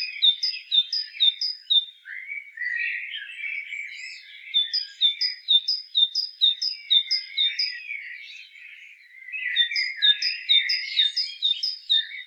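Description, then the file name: Great tit calling in quick repeated two-note phrases, a high clipped note dropping to a lower one, in bursts with pauses, over a lower warbling chatter. "Parus major"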